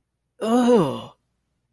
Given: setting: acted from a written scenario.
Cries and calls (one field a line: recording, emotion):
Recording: vocal sound without words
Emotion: disgust